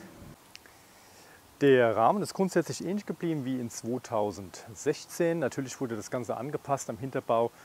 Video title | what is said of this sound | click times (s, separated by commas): Preview 2017 : Moustache Trail 8 Prototyp mit integriertem Bosch-Akku eMTB Fully | drinne und wird staub- und schmutzgeschützt von dieser Kappe, die hier oben eingerastet wird. | 0.5 s